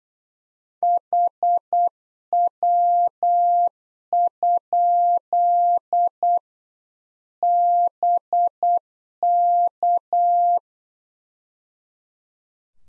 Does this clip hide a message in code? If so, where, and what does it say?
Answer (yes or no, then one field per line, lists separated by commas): yes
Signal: Morse code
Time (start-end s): 0.8-10.6 s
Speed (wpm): 8 wpm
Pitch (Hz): 700 Hz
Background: none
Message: HW? BK